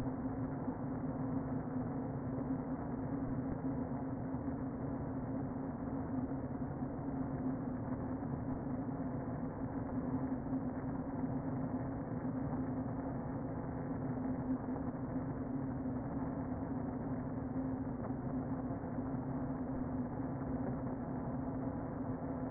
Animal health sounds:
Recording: honeybee colony, microphone inside the hive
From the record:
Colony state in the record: queen present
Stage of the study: before two queens were removed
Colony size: about 60,000 bees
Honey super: yes

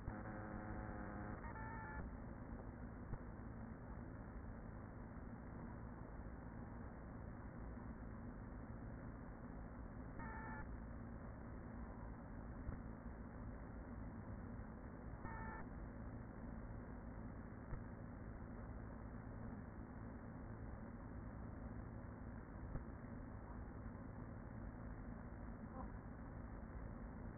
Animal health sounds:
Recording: honeybee colony, microphone inside the hive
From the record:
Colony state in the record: queen present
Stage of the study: after two queens were removed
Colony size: about 40,000 bees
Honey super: no

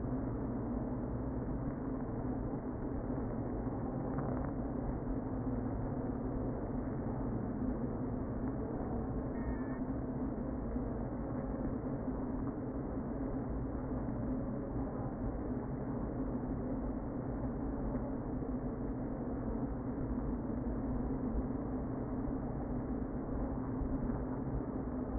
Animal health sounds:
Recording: honeybee colony, microphone inside the hive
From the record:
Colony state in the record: queen present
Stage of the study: before two queens were removed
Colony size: about 60,000 bees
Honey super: yes

